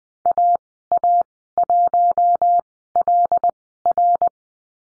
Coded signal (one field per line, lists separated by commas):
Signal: Morse code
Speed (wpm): 20 wpm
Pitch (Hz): 700 Hz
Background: none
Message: AA1LR